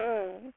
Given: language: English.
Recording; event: throat vibration sensor signal played as sound; speech